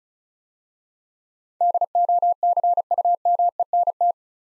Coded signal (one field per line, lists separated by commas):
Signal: Morse code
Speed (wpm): 36 wpm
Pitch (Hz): 700 Hz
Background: none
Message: DOCUMENT